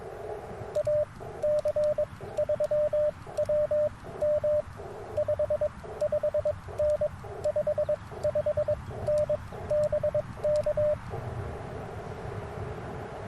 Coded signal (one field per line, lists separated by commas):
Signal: Morse code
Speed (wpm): 22 wpm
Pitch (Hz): 600 Hz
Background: radio noise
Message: AC3WM 55N 55N BK